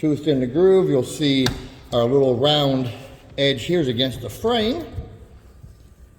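A mesh panel's locking bar is set with its tooth in the groove of an aluminum screen frame and positioned by hand, its round edge against the frame, while a man talks throughout. No click is heard, and the panel has not yet been pulled back to lock into place.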